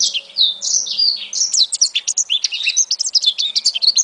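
African citril song, a fast run of high, thin chirps and short slurred whistles, rising and falling quickly without a break.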